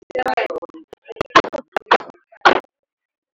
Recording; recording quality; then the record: shallow voluntary cough; poor, much background noise or distortion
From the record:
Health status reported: COVID-19 positive, no symptoms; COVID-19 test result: positive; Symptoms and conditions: sore throat, muscle pain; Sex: female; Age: 31 years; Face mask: worn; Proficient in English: yes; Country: India